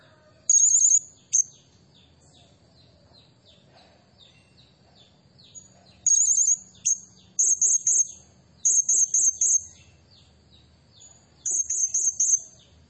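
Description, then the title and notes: Blue-crowned hanging parrot giving shrill high-pitched chirps, delivered as brief bursts and quick runs of three or four notes separated by quiet spells. Tutor and lure recording of a highly vocal serindit, used to train captive birds and described as calling intensely enough to provoke all other birds. "Burung Serindit Nembak Gacor Bikin Emosi Semua Burung. Suara Nasteran Dan Pemikat Burung Serinditan Gacor"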